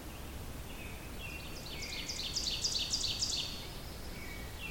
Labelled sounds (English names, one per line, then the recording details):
Ovenbird song
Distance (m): 50 m
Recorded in boreal forest in Alberta, Canada, on 27 June 2016 at 07:22
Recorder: SongMeter 3, array SBT-6-79
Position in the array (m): 42 m, 117 m
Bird 40